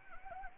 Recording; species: mosquito wingbeat signal from an infrared sensor; Anopheles arabiensis